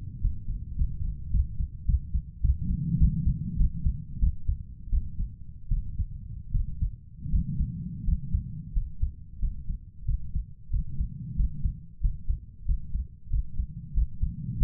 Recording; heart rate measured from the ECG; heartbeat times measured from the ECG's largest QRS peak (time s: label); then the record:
heart sounds by stethoscope; 92 bpm
0.20 s: heartbeat
0.75 s: heartbeat
1.30 s: heartbeat
1.85 s: heartbeat
2.40 s: heartbeat
2.97 s: heartbeat
3.56 s: heartbeat
4.18 s: heartbeat
4.89 s: heartbeat
5.68 s: heartbeat
6.51 s: heartbeat
7.29 s: heartbeat
8.03 s: heartbeat
8.72 s: heartbeat
9.38 s: heartbeat
10.04 s: heartbeat
10.69 s: heartbeat
11.35 s: heartbeat
12.00 s: heartbeat
12.65 s: heartbeat
13.29 s: heartbeat
13.93 s: heartbeat
14.57 s: heartbeat
From the record:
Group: healthy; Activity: rest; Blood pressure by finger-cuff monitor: 120/68 mmHg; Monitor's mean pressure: 92 mmHg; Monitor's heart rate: 92 bpm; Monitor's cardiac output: 7.3 L/min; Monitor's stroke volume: 76 mL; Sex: female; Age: 32 years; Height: 172 cm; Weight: 71.7 kg